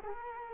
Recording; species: mosquito wingbeat signal from an infrared sensor; Culex quinquefasciatus